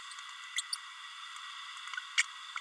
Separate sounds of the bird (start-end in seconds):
0.56-0.62, 2.17-2.22